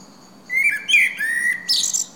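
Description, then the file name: Common blackbird song: a mellow whistled phrase near one pitch, sliding slightly, then a squeaky high twitter at the end; a faint thin whistle from another bird behind. "Turdus merula"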